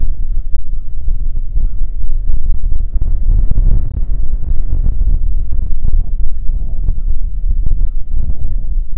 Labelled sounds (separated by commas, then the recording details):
waterfowl, wind
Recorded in the Prudhoe Bay oil fields, Alaska, on 15 May 2019 at 00:02
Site 19